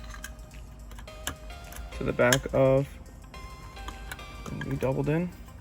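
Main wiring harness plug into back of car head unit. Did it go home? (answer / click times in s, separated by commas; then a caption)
no / none. The main wiring harness plug is being handled at the back of an aftermarket Android head unit going into an E46 BMW 330Ci, with light plastic ticks and handling sounds over background music while someone talks. The plug has not seated or clicked in yet.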